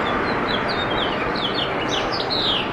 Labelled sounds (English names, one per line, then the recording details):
House Finch song
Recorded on Long Island, New York, on 10 June 2012
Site BR
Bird B